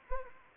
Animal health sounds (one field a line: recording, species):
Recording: mosquito wingbeat signal from an infrared sensor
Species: Anopheles arabiensis